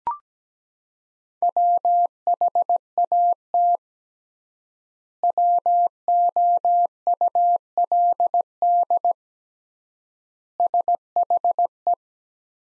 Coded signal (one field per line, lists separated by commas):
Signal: Morse code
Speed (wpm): 17 wpm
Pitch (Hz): 700 Hz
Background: none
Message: WHAT WOULD SHE